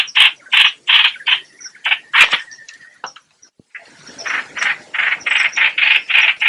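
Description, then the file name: Bulbul sounding several harsh scratchy notes, then a quiet stretch with faint noise, before a renewed run of rasping notes. Lure call used to attract the bird. "Tieng Trao Trao moi keu"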